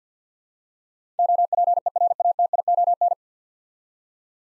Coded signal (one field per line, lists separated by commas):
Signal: Morse code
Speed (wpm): 50 wpm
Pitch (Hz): 700 Hz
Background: none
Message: OPERATION